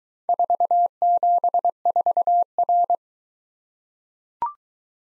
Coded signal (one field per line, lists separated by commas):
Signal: Morse code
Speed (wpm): 21 wpm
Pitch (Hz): 700 Hz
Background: none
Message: 474R